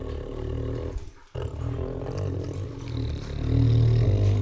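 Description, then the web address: Tiger growling in a deep, rumbling way, with steady low growls, a short pause early on, then louder growling that swells toward the end. Many deep growls and licks. "Sound Ideas Tigers Sound Effects"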